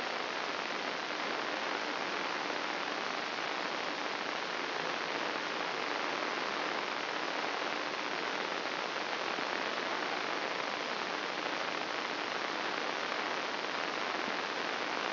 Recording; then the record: brain microelectrode recording played as sound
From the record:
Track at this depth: inside the subthalamic nucleus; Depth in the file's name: 3.366 mm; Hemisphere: left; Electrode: 3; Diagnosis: Parkinson's disease